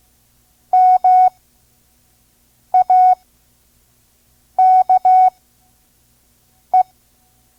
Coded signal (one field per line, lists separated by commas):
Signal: Morse code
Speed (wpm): 16 wpm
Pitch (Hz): 740 Hz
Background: none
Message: MAKE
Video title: Morse Code course, Listen and Learn Part 2 (5 words per minute), Vintage ARRL Course for Radio Hams